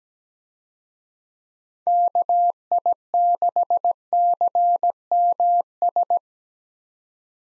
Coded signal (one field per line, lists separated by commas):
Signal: Morse code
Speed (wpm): 17 wpm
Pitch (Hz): 700 Hz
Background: none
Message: KI6CMS